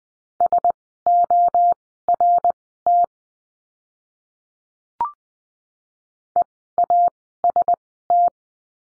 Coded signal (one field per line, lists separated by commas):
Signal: Morse code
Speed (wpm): 20 wpm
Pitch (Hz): 700 Hz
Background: none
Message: SORT EAST